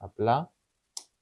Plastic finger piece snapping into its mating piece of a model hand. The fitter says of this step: να ακούσουμε το κλακ με προσοχή μη σπάσουμε όμως και καμιά ένωση.